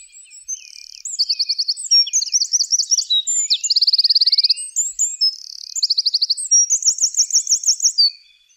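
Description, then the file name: Eurasian wren song: a long, high, energetic run of staccato notes and quick metallic trills, one dense rattle in the middle, continuing almost unbroken to the end. "Troglodytes troglodytes"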